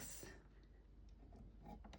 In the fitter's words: camera in one hand, but we've got to turn this all the way until it clicks.